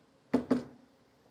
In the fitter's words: And then it clicks right into place. Just like that. And now it's attached to our tower.